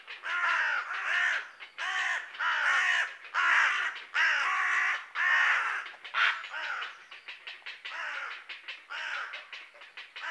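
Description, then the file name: Carrion crow giving harsh, hoarse caws about once a second for six seconds, then a rapid run of short, clipped croaks. "Corvus corone"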